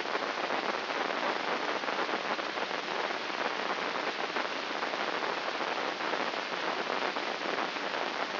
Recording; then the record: brain microelectrode recording played as sound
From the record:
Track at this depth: outside the subthalamic nucleus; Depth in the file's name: 7.029 mm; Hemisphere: left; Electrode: 3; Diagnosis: Parkinson's disease